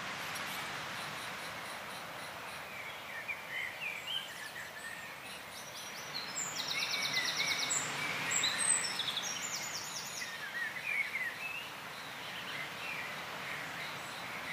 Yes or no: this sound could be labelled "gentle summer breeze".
yes